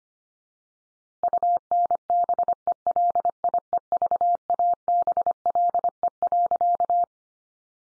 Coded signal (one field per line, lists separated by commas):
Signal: Morse code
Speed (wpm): 25 wpm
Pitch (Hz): 700 Hz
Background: none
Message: UNBELIEVABLE.